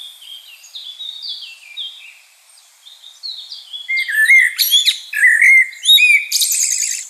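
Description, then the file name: Common blackbird song: softer high notes at first, then rich warbling phrases that break into bursts of high twittering. "Turdus merula"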